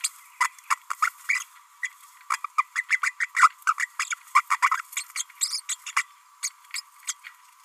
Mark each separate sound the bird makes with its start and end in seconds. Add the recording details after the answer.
0.40-0.49, 0.70-0.75, 0.90-0.93, 1.01-1.09, 1.28-1.44, 1.82-1.91, 2.57-2.64, 2.75-2.85, 2.90-3.00, 3.03-3.12, 3.20-3.26, 3.36-3.48, 3.66-3.73, 3.79-3.87, 3.99-4.16, 4.34-4.42, 4.50-4.58, 4.62-4.71, 5.15-5.24, 5.41-5.61, 5.68-5.77, 5.86-5.92, 5.96-6.03, 6.42-6.49, 6.73-6.81, 7.07-7.13. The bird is a female. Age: 31 days. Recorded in a nest box in Venezuela. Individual 17B32A5